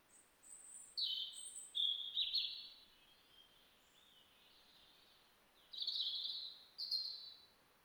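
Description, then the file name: European robin song: several bursts of high, thin warbling and sharp twitters, a quiet gap, then two more shrill phrases toward the end. "Erithacus rubecula"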